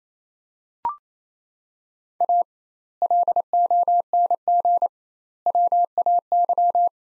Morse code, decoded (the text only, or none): A LONG WAY